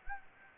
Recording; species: mosquito wingbeat signal from an infrared sensor; Anopheles gambiae